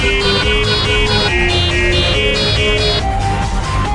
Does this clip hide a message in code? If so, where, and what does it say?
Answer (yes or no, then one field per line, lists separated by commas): no